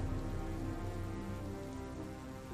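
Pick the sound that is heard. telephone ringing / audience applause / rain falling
rain falling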